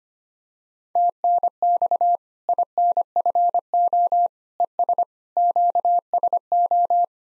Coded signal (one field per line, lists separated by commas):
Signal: Morse code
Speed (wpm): 25 wpm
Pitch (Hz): 700 Hz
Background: none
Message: TNX INFO ES QSO